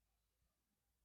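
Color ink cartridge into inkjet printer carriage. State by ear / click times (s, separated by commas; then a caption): not seated / none. A color ink cartridge is pushed in and up into the left slot of the carriage of an HP DeskJet 2922 inkjet printer while the other hand holds the printer. Only faint, quiet handling noise is heard, with no distinct tick. Nothing has seated or clicked into place yet.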